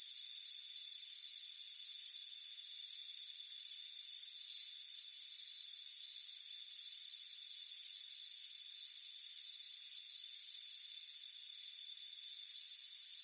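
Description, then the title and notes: Chirping crickets, a rapid series of short high rasping pulses in uneven groups over a steady ringing chorus throughout. Crickets chirping on a warm afternoon at a front porch. "Soothing Crickets Chirping Sound. It's a warm afternoon as you relax in a hammock on the front porch. Relax and fall asleep to the soothing sound of chirping crickets"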